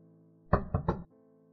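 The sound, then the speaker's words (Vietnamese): Three quick, solid knocks on a door in a short, even burst, heard on their own over a faint low hum. “Có tiếng gõ cửa”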